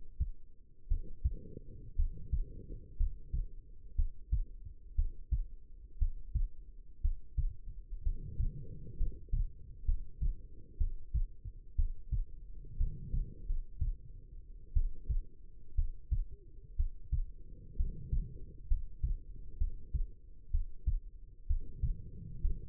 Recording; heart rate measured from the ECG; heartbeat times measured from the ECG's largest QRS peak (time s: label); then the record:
heart sounds by stethoscope; 61 bpm
0.88 s: heartbeat
1.96 s: heartbeat
2.97 s: heartbeat
3.95 s: heartbeat
4.95 s: heartbeat
5.98 s: heartbeat
7.01 s: heartbeat
8.03 s: heartbeat
8.97 s: heartbeat
9.85 s: heartbeat
10.77 s: heartbeat
11.75 s: heartbeat
12.77 s: heartbeat
13.46 s: heartbeat
14.73 s: heartbeat
15.75 s: heartbeat
16.76 s: heartbeat
17.76 s: heartbeat
18.67 s: heartbeat
19.57 s: heartbeat
20.50 s: heartbeat
21.46 s: heartbeat
22.40 s: heartbeat
From the record:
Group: healthy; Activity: rest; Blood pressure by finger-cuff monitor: 104/67 mmHg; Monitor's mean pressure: 78 mmHg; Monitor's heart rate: 59 bpm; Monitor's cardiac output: 5.1 L/min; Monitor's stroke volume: 82 mL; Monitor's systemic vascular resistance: 1120 dyn s/cm5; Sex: female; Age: 22 years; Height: 171 cm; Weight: 65.6 kg